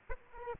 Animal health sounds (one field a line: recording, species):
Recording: mosquito wingbeat signal from an infrared sensor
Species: Aedes aegypti